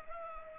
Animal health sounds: mosquito wingbeat signal from an infrared sensor; Culex pipiens

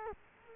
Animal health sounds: mosquito wingbeat signal from an infrared sensor; Culex quinquefasciatus

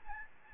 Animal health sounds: mosquito wingbeat signal from an infrared sensor; Aedes albopictus

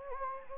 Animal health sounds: mosquito wingbeat signal from an infrared sensor; Anopheles gambiae

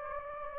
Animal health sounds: mosquito wingbeat signal from an infrared sensor; Anopheles gambiae

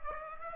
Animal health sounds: mosquito wingbeat signal from an infrared sensor; Aedes aegypti

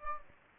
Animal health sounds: mosquito wingbeat signal from an infrared sensor; Anopheles gambiae

